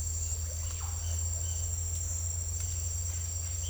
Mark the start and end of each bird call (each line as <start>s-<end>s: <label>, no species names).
0.47s-0.93s: bird call